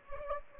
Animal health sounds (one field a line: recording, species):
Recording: mosquito wingbeat signal from an infrared sensor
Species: Anopheles gambiae